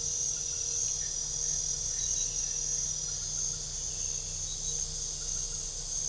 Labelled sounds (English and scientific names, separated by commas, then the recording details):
none
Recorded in pastures near Puerto Asís, Putumayo, Colombia, on 22 December 2024 at 22:30
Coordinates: 0.497, -76.327
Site G088